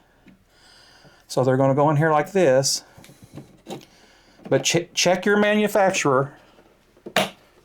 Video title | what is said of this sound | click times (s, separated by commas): Avoid Common Mistakes When Building Your DREAM Gaming PC | Hear that click? | 7.2 s